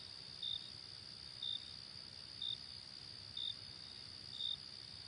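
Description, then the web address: Cricket calling with evenly spaced sharp chirps, five across the stretch about a second apart, over a steady high tone and soft low noise. "hobokenchicken kira. crickets"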